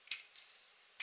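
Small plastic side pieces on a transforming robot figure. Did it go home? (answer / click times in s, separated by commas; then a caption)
yes / 0.1 s, 1.0 s. Small plastic side pieces, one on either side of a transforming robot figure, are pushed into place. Two short, bright ticks sound at 0.1 s and 1.0 s as the pieces seat, with a faint softer tick in between.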